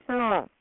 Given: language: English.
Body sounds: throat vibration sensor signal played as sound; speech

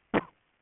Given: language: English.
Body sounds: throat vibration sensor signal played as sound; cough

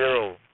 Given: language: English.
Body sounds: throat vibration sensor signal played as sound; speech

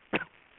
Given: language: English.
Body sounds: throat vibration sensor signal played as sound; cough

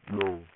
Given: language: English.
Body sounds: throat vibration sensor signal played as sound; speech

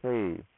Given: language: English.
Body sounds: throat vibration sensor signal played as sound; speech

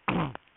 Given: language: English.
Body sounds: throat vibration sensor signal played as sound; throat clearing

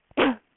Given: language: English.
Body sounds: throat vibration sensor signal played as sound; cough

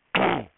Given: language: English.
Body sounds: throat vibration sensor signal played as sound; throat clearing

